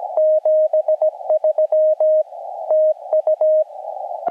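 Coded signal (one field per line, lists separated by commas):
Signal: Morse code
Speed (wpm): 17 wpm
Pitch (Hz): 620 Hz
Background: radio noise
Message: 73 TU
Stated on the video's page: Portable POTA CW activation from a Norwegian nature reserve in rain, using an FT-891, with pile-up, North American DX, slow sending and fading.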